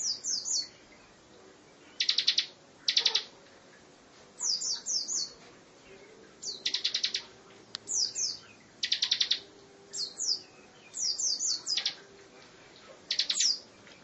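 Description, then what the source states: Lovebird song: short bursts of quick, high, down-slurred chirps alternate with buzzy, rattling notes, repeated every second or so. Lovebird giving a long chattering trill, called "ngekek panjang".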